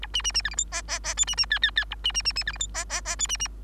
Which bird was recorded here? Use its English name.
Bengalese Finch